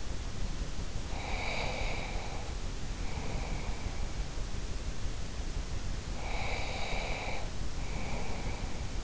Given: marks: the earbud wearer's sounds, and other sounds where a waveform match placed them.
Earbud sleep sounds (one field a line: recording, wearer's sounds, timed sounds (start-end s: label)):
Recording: sounds in sleep by an in-ear microphone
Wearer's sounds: breath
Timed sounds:
1.03-4.39 s: breath
6.10-9.04 s: breath